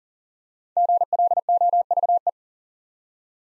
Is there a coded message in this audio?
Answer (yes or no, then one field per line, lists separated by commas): yes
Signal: Morse code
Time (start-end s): 0.8-2.3 s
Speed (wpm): 42 wpm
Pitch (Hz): 700 Hz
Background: none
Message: GLOVE